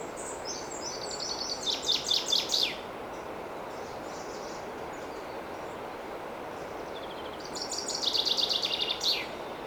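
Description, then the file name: Common chaffinch song: two descending rattling phrases of sharp notes, the first near the start, the second about seven seconds later, over a steady background hiss. "Fringilla coelebs"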